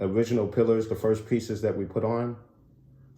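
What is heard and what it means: A plastic ceiling piece for a Star Wars Vintage Collection Endor bunker toy playset is being handled, about to go down over the bunker's two original pillars. Someone talks until about 2.4 s, followed by a quiet, low background hum to the end. Nothing has seated or clicked yet.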